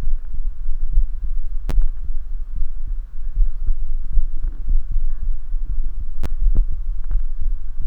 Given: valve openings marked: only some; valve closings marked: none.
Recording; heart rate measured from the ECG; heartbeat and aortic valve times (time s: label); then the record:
heart sounds by stethoscope; 77 bpm
0.05 s: heartbeat (ECG mark)
0.95 s: heartbeat (ECG mark)
1.00 s: aortic valve opens (echo mark)
1.75 s: heartbeat (ECG mark)
2.58 s: heartbeat (ECG mark)
3.38 s: heartbeat (ECG mark)
4.15 s: heartbeat (ECG mark)
4.20 s: aortic valve opens (echo mark)
4.94 s: heartbeat (ECG mark)
5.71 s: heartbeat (ECG mark)
5.77 s: aortic valve opens (echo mark)
6.44 s: heartbeat (ECG mark)
7.13 s: heartbeat (ECG mark)
7.18 s: aortic valve opens (echo mark)
7.84 s: heartbeat (ECG mark)
From the record:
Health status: healthy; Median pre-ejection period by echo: 53 ms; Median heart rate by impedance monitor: 77 bpm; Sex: male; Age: 19 years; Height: 171 cm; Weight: 62 kg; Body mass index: 21.20